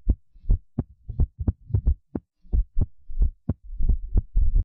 Irregular Fast Heartbeat.